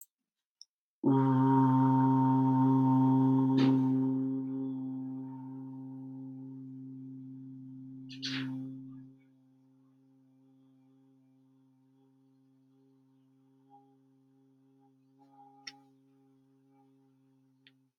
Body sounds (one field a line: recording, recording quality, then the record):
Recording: sustained vowel as in boot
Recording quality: excellent, no background noise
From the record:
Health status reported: healthy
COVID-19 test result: not tested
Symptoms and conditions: asthma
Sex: male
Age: 25 years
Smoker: not ticked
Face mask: not worn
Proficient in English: yes